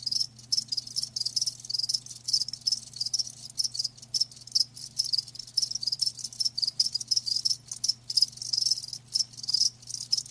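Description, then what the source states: Shrill cricket chorus, many rapid chirps in irregular pulsing bursts, over a low constant hum. Live crickets chirping with a lulling song.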